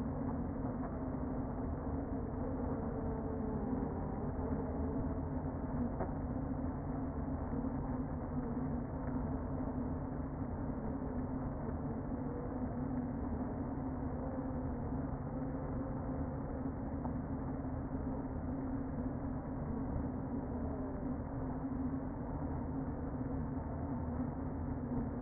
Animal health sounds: honeybee colony, microphone inside the hive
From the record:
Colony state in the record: queen present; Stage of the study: before two queens were removed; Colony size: about 60,000 bees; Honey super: yes

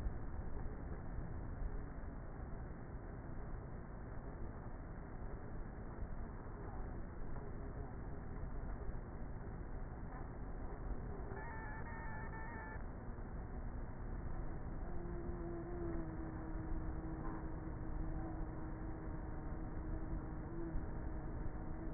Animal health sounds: honeybee colony, microphone inside the hive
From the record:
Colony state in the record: queenless with a low population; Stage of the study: before two queens were removed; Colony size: about 30,000 bees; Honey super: no

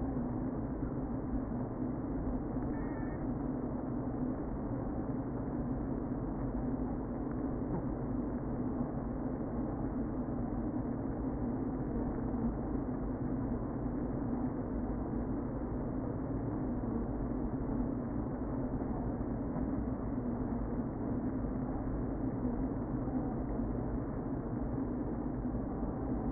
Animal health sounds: honeybee colony, microphone inside the hive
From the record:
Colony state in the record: queen present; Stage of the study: before two queens were removed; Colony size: about 60,000 bees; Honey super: yes

